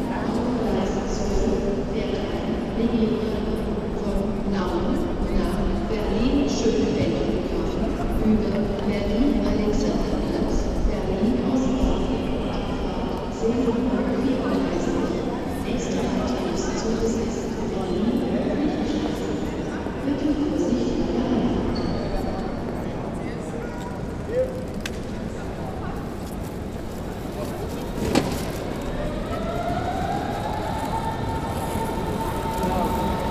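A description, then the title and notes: Waiting on a train station platform: a steady, dense murmur of many voices talking at once fills the whole stretch. Near the end a sharp knock rings out, followed by a rising, then held whine from a train. General atmosphere while waiting on a platform at the train station. Atmosphere Hauptbahnhof.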